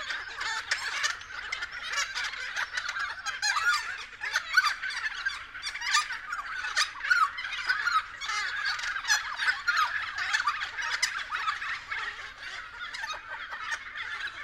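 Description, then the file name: Friarbirds in a dense, raucous chorus of harsh, cackling and chattering calls, many birds overlapping continuously throughout. Several friarbirds recorded at 6:30 AM. "BIRD-FRIARBIRDS-N-301111-6 30 AM"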